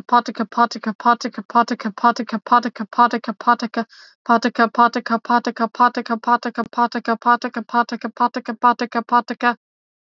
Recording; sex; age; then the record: repeated syllables /pa ta ka/; female; 20 to 29 years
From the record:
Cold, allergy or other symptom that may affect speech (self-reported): no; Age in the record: 28 years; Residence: Arkansas, United States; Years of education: 19